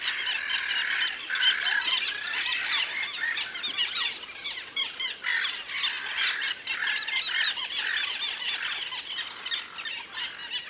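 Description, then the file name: Little gull calls, a dense chorus of sharp nasal squeals and chattering notes from several birds, overlapping rapidly and continuously with no pauses. "Dmitry Kulakov - Malaya chajka Hydrocoloeus minutus"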